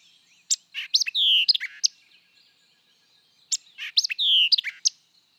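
White-eyed vireo song: the same snappy phrase twice, sharp chips, slurred notes and a long falling whistle, about three seconds apart.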